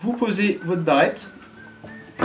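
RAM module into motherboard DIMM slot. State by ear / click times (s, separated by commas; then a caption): seated / 2.2 s. A RAM stick is laid into a motherboard DIMM slot and pressed on both outer ends while someone talks, with faint background music. A sharp click at 2.2 s marks the retention clip locking, and the stick is seated firmly and no longer moves.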